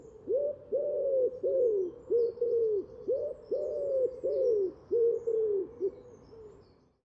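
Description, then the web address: Common wood pigeon cooing: a run of hollow, low coos, many falling at the end, in quick succession over several seconds. "cianscape birddata Deverinetal 2025"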